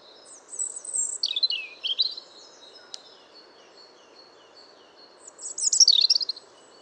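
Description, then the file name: European robin song: two high, thin warbled phrases of quick trills and sliding notes, separated by a pause of about three seconds, over a steady low hiss. "Erithacus rubecula"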